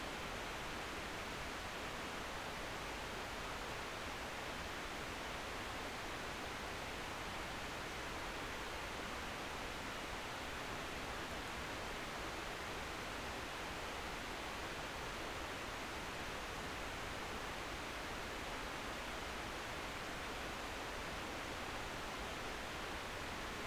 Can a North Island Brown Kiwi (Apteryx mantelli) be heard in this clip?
no